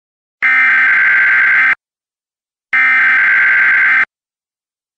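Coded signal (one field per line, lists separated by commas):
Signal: Emergency Alert System (SAME) tones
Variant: header bursts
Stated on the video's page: Simulated severe thunderstorm warning made on request.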